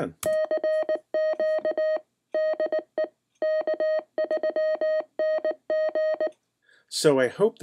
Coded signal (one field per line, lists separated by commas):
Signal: Morse code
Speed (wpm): 19 wpm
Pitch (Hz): 620 Hz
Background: speech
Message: CQ DE K3NG IE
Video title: Getting Started with the K3NG Arduino CW Keyer 2